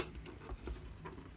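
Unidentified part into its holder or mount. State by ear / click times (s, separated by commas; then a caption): not seated / none. An unidentified part is pressed into its holder or mount, but it fails to click into place. Only faint, quiet patter and soft taps are heard over low background noise. Nothing has seated or clicked yet.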